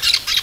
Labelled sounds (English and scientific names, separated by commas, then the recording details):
Brown-throated Parakeet (Eupsittula pertinax) contact call
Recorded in Venezuela
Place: Guárico; Corozopando; Fundo La Fe
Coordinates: 8.506, -67.593